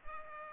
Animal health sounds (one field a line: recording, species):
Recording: mosquito wingbeat signal from an infrared sensor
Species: Culex pipiens